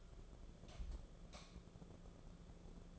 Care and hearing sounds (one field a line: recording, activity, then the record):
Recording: daily activity, microphone in the room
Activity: light off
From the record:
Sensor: 5